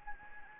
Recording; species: mosquito wingbeat signal from an infrared sensor; Anopheles gambiae